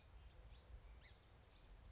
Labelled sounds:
Song Sparrow
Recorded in Sonoma County, California

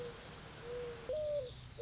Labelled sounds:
Mourning Dove
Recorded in Sonoma County, California

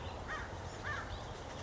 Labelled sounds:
Acorn Woodpecker
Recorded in Sonoma County, California

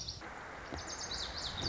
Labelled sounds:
Lazuli Bunting
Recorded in Sonoma County, California

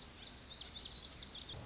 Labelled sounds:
Lazuli Bunting
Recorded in Sonoma County, California

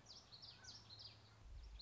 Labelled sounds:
Common Yellowthroat
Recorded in Sonoma County, California

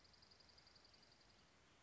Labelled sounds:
Dark-eyed Junco
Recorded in Sonoma County, California

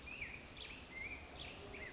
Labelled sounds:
Black-headed Grosbeak
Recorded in Sonoma County, California

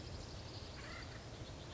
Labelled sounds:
Acorn Woodpecker
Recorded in Sonoma County, California

